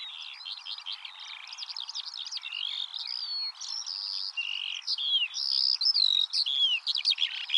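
Eurasian skylark song, a continuous rapid stream of varied high chirps, slurred whistles and buzzy notes that grows louder toward the end, with no pauses.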